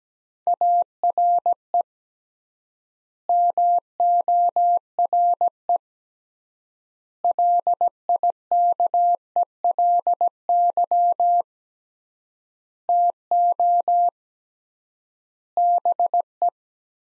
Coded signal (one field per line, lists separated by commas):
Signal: Morse code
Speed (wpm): 17 wpm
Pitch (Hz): 700 Hz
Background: none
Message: ARE MORE LIKELY TO BE